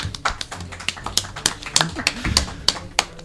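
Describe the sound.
Scattered applause from a small group: sharp, uneven hand claps popping out one after another for about three seconds, with a faint murmur of voices underneath.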